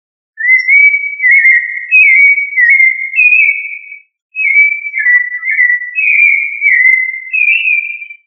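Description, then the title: Thrush singing two long whistled phrases of linked gliding notes that rise and fall, separated by a short pause, in an otherwise silent setting. "Familia Turdidae - Sabia"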